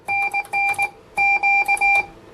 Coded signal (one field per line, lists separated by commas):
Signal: Morse code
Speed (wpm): 19 wpm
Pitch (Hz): 2350 Hz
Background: none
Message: NN Q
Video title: Using the Yaesu FT-710 in the CW Mode - an overview...